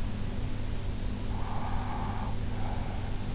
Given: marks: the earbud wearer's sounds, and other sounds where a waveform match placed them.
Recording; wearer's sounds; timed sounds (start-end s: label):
sounds in sleep by an in-ear microphone; breath
1.34-3.31 s: breath